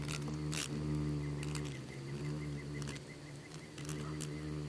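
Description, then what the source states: A swarm of insects drones in a deep steady hum, while a faint higher ticking repeats several times a second and sharp clicks punctuate it. Bugs and beetles swarming in the Namib desert, which seems quiet at first listen but is full of micro-sounds.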